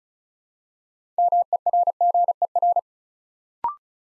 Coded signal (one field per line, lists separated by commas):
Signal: Morse code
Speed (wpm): 36 wpm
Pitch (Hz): 700 Hz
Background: none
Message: MERGER